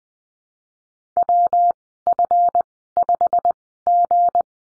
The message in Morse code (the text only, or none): WF5G